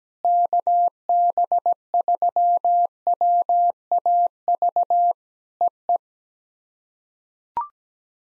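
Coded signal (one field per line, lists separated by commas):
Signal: Morse code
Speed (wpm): 17 wpm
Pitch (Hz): 700 Hz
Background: none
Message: KB3WAV EE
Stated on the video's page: POTA exchange practice sent at 17 wpm, each exchange sent in Morse twice.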